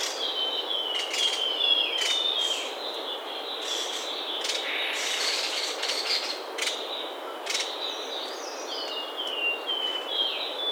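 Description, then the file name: White-necked babbler with short falling whistled notes at the start and again near the end, set against steady hissing noise. "tepus leher putih"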